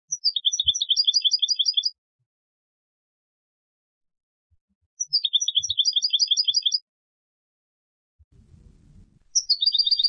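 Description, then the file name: European goldfinch giving bursts of rapid, tinkling high notes, each burst about two seconds long, repeated with pauses, plus a brief low rumble near the end. "Carduelis carduelis"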